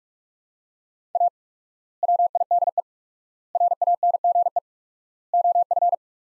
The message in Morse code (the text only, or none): A WIDE RANGE OF